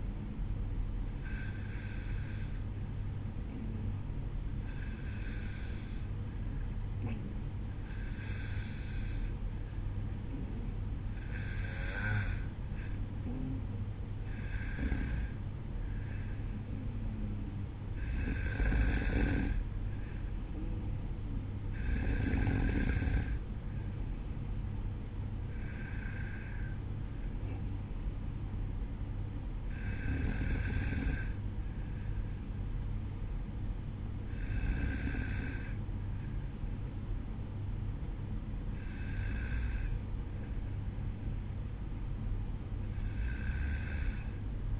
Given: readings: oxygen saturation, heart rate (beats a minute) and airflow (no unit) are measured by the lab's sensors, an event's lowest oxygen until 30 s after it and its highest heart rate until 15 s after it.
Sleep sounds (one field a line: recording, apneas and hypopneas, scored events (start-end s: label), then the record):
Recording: breathing in sleep by a smartphone at the bedside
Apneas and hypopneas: none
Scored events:
none scored
From the record:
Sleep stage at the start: N2 (light sleep)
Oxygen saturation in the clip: 92 to 94%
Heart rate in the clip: 50 to 57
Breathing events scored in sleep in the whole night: 305 in 9.6 hours asleep